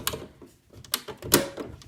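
A black HP 901 ink cartridge is pushed at a slight angle into the carriage of an HP Officejet J4680 inkjet printer, with a few sharp plastic-like taps and rattles as it goes in. The cartridge clicks into place and is seated at 1.3 s.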